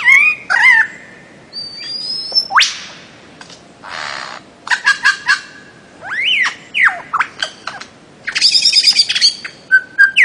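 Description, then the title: Bird-of-paradise song: varied whistles and rising slurs, a brief raspy noise, then clusters of sharp chirps and a final short steady whistle. Master song for training songbirds. "Kicau Master Cendrawasih"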